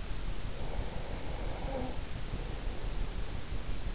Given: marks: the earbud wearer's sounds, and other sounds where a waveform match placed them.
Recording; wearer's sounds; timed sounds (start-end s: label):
sounds in sleep by an in-ear microphone; snoring breath
0.69-3.19 s: snoring breath